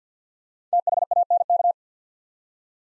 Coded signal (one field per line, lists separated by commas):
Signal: Morse code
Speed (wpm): 50 wpm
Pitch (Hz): 700 Hz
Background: none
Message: THANK